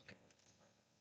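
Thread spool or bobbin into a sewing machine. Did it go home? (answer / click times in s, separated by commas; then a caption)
yes / 0.1 s. A thread spool or bobbin is loaded into a sewing machine while threading it, giving a single short click at 0.1 s. Faint, quieter ticks follow against low background noise. The spool or bobbin is seated, clicked into place.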